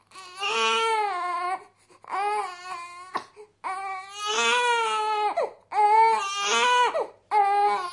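Five loud, sustained high-pitched wails with brief gasps between them, the typical cry of a two-week-old baby.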